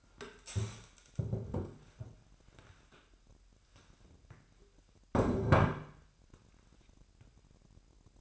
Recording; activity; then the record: daily activity, microphone in the room; stand up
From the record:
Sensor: 2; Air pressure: 998.4 hPa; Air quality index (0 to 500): 130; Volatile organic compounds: 3 ppm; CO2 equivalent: 1475 ppm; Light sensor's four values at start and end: 8/19/8/8 and 5/12/5/6